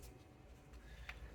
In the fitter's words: And it locks into place on the bottom one.